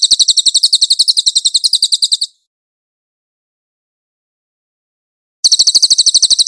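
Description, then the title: Cililin song: a shrill, rapid trill of repeated notes cuts off, and a fresh trill starts after a three-second gap. "MASTER SUARA BURUNG CILILIN"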